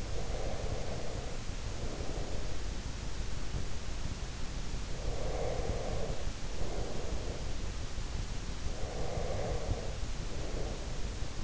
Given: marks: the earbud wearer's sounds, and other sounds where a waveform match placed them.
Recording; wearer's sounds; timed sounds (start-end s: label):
sounds in sleep by an in-ear microphone; breath
0.00-2.60 s: breath
4.77-7.97 s: breath
8.75-11.44 s: breath